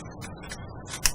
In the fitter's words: That's the upper and lower clicking together